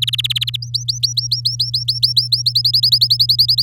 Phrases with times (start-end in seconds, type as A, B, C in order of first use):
0.02-0.56 A, 0.62-2.42 B, 2.46-3.62 C